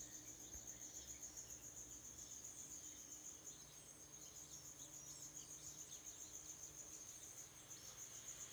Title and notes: Grilos pela Manhã. Grilos e pássaros num início da manhã. Data: 03/06/2017 Horário: 05:54